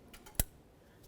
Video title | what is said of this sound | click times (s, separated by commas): How to Replace Fuel Rail Pressure Sensor 2006-10 Ford Explorer | Press it in, listen for a click. | 0.4 s